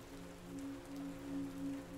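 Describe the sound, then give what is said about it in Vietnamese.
Soft, steady drizzle patters on the leaves of a banana grove in a continuous fine texture, with no distinct drops standing out, over a low sustained hum. “Nhưng đáp lại lời Tâm chỉ là tiếng lá chuối xào xạc theo từng cơn gió, tiếng mưa lợp bợp trên những tán lá.”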